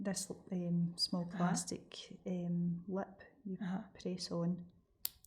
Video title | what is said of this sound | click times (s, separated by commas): NHSGGC - Sharps Training | again you'll hear a click. | 5.0 s